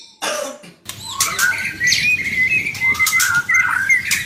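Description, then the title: White-rumped shama song: a quick run of bright whistled notes, some rising and some repeated. "murai batu"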